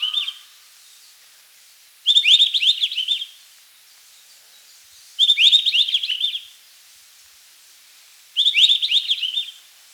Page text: White-Browed Bush Robin Song - Quick Sounds